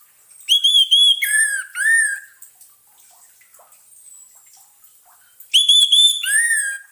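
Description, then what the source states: Orange-headed thrush song of rich, rolling whistles and downslurred notes in two phrases separated by a pause of a few seconds. Therapy sound for an orange-headed thrush (anis merah) that has stopped singing (macet bunyi).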